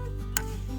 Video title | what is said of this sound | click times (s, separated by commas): Thule Interstate Rooftop Cargo Bag. Why we finally bought one for road trips | then turn the bolt tightly until you hear a click | 0.4 s